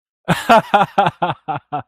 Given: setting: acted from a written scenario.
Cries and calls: vocal sound without words; amusement

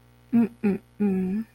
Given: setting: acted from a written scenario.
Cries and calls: vocal sound without words; guilt

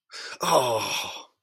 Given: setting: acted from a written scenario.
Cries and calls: vocal sound without words; negative surprise

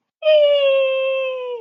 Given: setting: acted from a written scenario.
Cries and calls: vocal sound without words; triumph

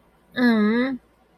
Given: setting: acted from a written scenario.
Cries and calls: vocal sound without words; guilt

